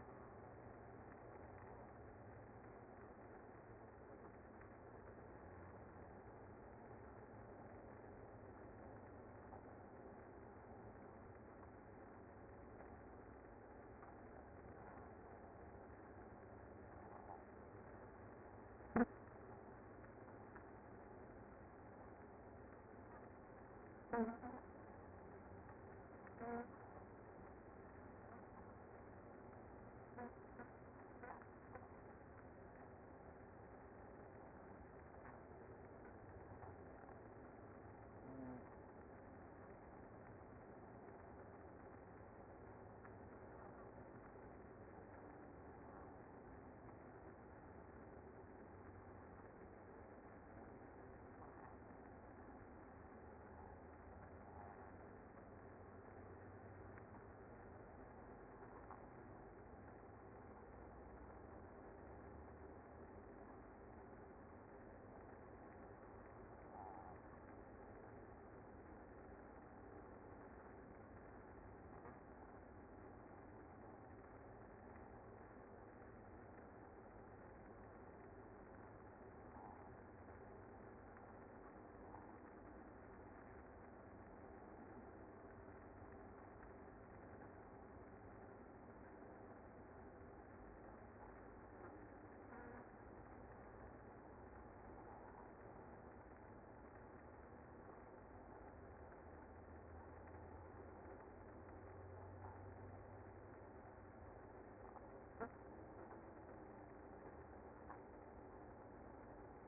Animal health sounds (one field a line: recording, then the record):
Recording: honeybee colony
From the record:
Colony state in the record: active